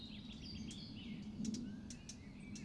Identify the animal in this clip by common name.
Eurasian Blackcap